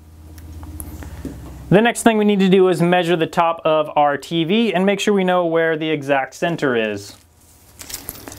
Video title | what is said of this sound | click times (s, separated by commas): LED TV Light Strip Review and Setup for Gaming TV | we're just going to slide it in just like that until it snaps the | 0.8 s